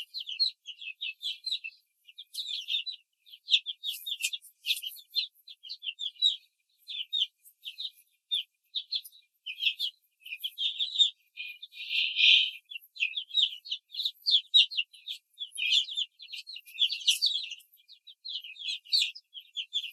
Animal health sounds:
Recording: young laying hens in a cage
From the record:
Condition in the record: control cage, before the stress test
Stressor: none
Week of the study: 4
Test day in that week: 1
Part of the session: 2

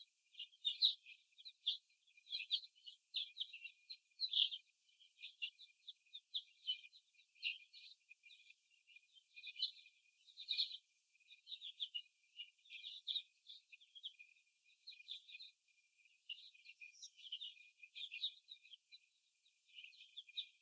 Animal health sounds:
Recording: young laying hens in a cage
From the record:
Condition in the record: before the stressor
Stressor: simulated dog barking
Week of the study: 1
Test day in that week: 2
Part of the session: 2

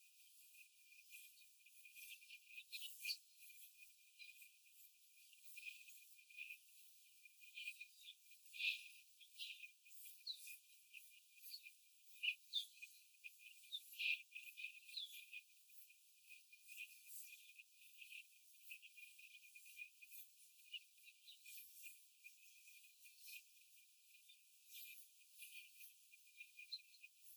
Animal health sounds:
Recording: young laying hens in a cage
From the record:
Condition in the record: after the stressor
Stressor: simulated dog barking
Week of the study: 4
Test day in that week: 1

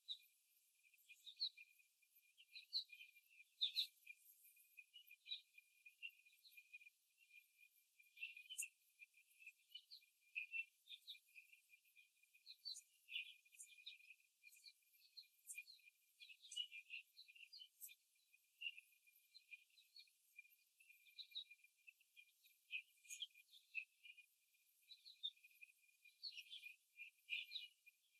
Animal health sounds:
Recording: young laying hens in a cage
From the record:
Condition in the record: before the stressor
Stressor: simulated dog barking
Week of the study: 3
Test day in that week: 2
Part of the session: 4

